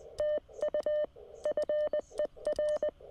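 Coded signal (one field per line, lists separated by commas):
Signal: Morse code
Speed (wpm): 20 wpm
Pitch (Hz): 590 Hz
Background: none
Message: TU FER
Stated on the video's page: Morse sent during a Parks on the Air state park activation.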